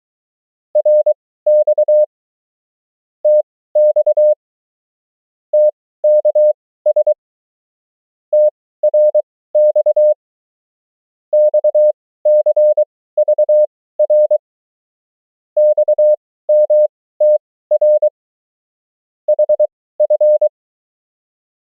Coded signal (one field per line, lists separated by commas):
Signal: Morse code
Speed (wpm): 23 wpm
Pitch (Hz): 600 Hz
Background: none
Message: RX TX TKS TRX XCVR XMTR HF